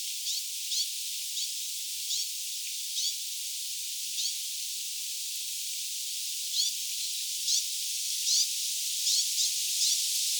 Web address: paivat 9 8 2026 hernekertun poikasten aantelya